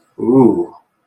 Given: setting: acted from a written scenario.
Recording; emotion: vocal sound without words; desire